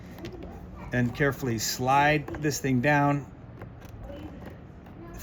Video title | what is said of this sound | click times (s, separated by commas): Vermont Institute of Natural Science - Off-Grid Live Eagle Cam Solution & Instructions | You're going to take your Ethernet connection, plug it in till it clicks, | 0.3 s